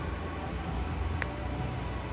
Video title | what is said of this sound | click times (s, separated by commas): Piercing a Conch with a Hoop ?!? | This will probably make like a little clicky sound when I guide the bead in place, and that is just the sound of your bead, not the sound of your ear. | 1.2 s